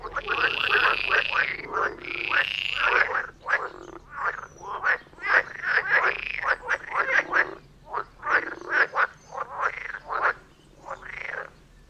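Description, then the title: Frog chorus beginning with long droning croaks, then breaking into rapid short overlapping calls from many frogs. Chorus of frogs near Vellerner Brook in Neubeckum, at 2 pm; stereo recording. "Frog concert near Vellerner Brook in Neubeckum - 2pm"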